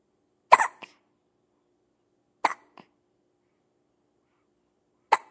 Baby Hiccuping.